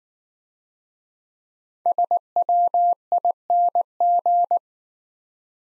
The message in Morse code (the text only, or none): SWING